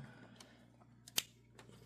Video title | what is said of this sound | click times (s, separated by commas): S5, E15 - Adding Power to the BEAST! | There. I don't know if you heard it, but there was actually a small click. | 1.2 s